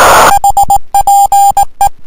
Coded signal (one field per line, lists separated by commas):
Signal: Morse code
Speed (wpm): 19 wpm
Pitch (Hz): 800 Hz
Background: music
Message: HPE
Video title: 1426Z K3RA 18.093 CW 599 12-03-2011.